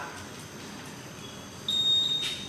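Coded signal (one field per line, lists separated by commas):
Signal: beep code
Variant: Honda Smart Key answer-back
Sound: one high-pitched steady electronic beep lasting under a second, with a click midway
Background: background noise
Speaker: ini deh yang pertama ini adalah bunyi beep pada akhir pekan Hei ini bunyi beep yang kedua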